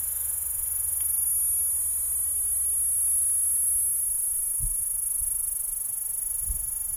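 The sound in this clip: P. catenata gives a steady high-pitched buzz throughout, with two low knocks late on and a quiet rumble below.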